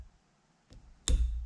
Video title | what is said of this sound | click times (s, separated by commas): Walker Mower Deck Gear Box Rebuild with 6 Pro Tips | that i like to make them snap into place and then i just know that it's a positive engagement i saw it happen | 1.1 s